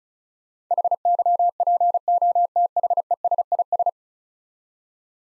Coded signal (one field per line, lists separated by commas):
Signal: Morse code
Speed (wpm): 36 wpm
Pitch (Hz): 700 Hz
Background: none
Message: HYPOTHESIS